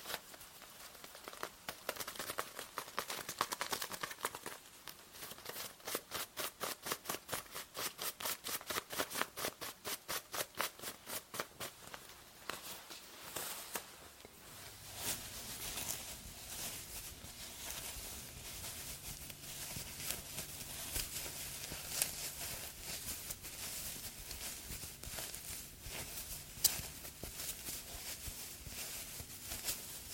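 Quick, regular tapping fills the first half, then gives way to a steady, dense brushing hiss with a faint low hum beneath.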